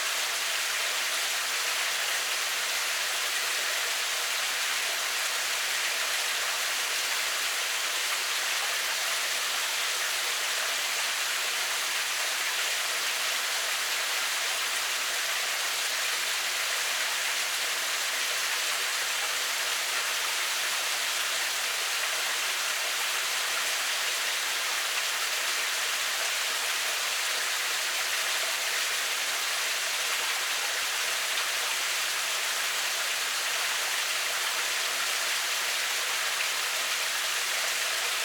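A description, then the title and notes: A cave stream rushes in a steady, dense hiss, bright and unchanging throughout, with a faint low murmur beneath the constant wash of water. Stream Running Through the Cave.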